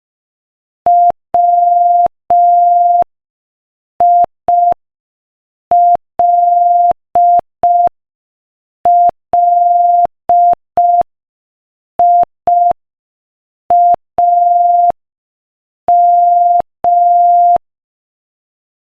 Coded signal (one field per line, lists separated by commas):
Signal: Morse code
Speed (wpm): 5 wpm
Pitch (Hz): 700 Hz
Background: none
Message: WILLIAM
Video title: Morse Code Practice: 5 wpm Inspirational Quote 6